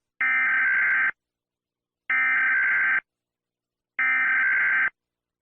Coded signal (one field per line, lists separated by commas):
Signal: Emergency Alert System (SAME) tones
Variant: header bursts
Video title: EAS Scenario - The Deadly Big One (Part 2)